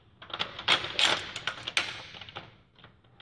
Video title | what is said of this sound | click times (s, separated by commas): An In-Depth Look at the 2016 Travato 59K by Winnebago Touring Coach | it there we go so now it's locked into place | 1.8 s